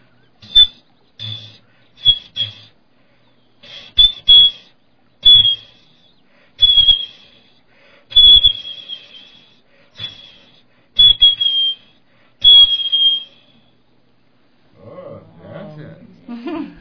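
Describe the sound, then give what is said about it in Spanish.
A crafted whistle, made by an artisan, imitating an eagle's guttural cry: a series of loud, shrill, high-pitched shrieks, first short and clipped, then longer with falling tails, followed by quiet voices talking. “Veamos si ya llegó el águila.”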